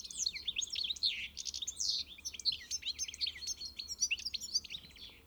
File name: Carduelis carduelis